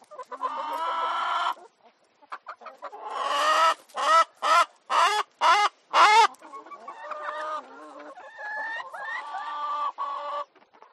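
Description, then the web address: Chicken: hens cackling in chorus: drawn-out nasal calls, then a run of loud, sharp squawks in quick succession, easing into softer overlapping clucks. Many hens in a henhouse, with lots of cackling and squawking. "gallinas en el gallinero muchos cacareos y gritos"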